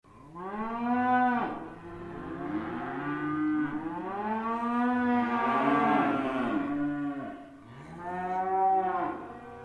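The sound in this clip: Cattle: cow lowing repeatedly, with long, deep, wavering moos that rise and fall in pitch, one running into the next.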